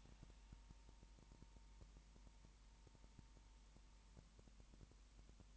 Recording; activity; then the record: daily activity, microphone in the room; no activity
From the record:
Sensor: 1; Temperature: 19.7 degrees Celsius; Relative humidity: 40.5%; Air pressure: 1010.6 hPa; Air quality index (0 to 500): 208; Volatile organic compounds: 56 ppm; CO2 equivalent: 3366 ppm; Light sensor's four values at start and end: 1/2/1/1 and 1/2/1/1